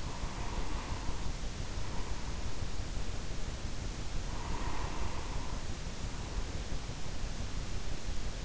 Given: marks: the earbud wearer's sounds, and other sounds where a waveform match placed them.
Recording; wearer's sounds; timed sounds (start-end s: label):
sounds in sleep by an in-ear microphone; breath
0.00-2.50 s: breath
4.19-6.79 s: breath